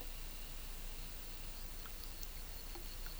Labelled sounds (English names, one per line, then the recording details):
none
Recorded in pastures near Puerto Asís, Putumayo, Colombia, on 21 December 2024 at 13:00
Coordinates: 0.486, -76.323
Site GP01